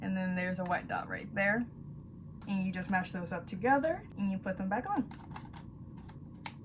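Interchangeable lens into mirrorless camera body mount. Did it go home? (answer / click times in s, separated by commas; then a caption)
yes / 6.5 s. An interchangeable lens is put on a Sony ZV-E10 mirrorless camera body by lining up its white dot with the white dot on the body, pushing it on and twisting it until the bayonet mount locks. Someone talks, then small handling taps follow, and a sharp click at 6.5 s marks the lens seating in the mount.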